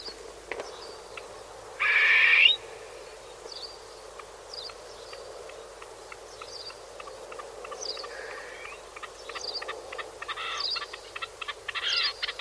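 Bird calls: a loud harsh buzzy burst early on, then scattered short sharp notes and rapid clicking chatter toward the end.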